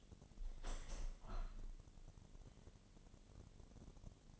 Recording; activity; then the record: daily activity, microphone in the room; open window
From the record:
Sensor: 4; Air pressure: 1007.2 hPa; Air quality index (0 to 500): 185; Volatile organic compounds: 6 ppm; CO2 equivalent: 1840 ppm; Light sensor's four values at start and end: 23/73/28/27 and 23/73/28/27